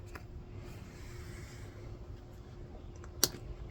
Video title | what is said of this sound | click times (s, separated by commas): Ford E150 E250 E350 Econoline Left rear door weather stripping replacement Vanlife | Ready? Click. | 3.2 s